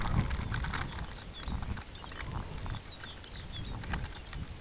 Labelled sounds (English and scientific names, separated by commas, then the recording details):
Lapland Longspur (Calcarius lapponicus)
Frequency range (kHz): Lapland Longspur (Calcarius lapponicus) 2.4-5.6 kHz
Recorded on Arctic tundra, site UTQI-5, on 16 June 2019
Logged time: 02:00